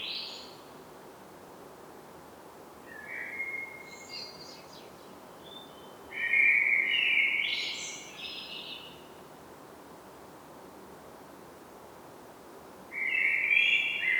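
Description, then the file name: Common blackbird song: a brief high note, a faint twittery phrase, then a loud fluted warble with a high ending, and another phrase starting at the end. "Turdus merula"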